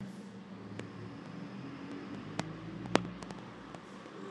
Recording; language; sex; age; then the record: short text; Brazilian Portuguese; female; 50 to 59 years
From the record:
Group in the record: control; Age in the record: 56 years